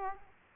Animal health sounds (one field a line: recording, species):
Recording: mosquito wingbeat signal from an infrared sensor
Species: Aedes aegypti